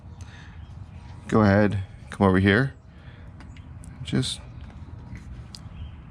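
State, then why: Seated. Someone talks while a seat belt bypass jumper plug is pushed into a UTV's plastic wiring harness connector. A sharp pop is heard at 5.5 s as the plug seats in place.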